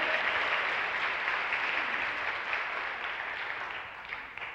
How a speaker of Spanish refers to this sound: Denle un aplauso al rey que vive. ¡Oh, recíbelo, Señor!